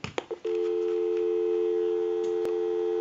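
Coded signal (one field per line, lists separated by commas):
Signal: telephone call progress tone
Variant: North America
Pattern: dial tone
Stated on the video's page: Tone heard on a Wedgwood Jasper rotary desk telephone during its initial checkout and repair.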